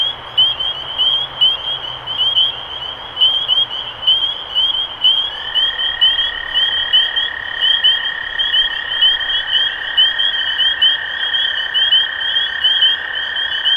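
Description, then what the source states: Spring peepers in full chorus, sharp high whistled peeps repeating roughly every second amid many overlapping callers, with a steady lower tone setting in midway. Recorded 23 March 2012.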